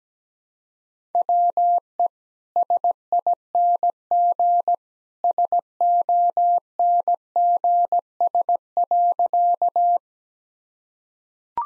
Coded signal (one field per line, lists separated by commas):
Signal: Morse code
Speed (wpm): 17 wpm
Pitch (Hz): 700 Hz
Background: none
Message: WE SING SONGS.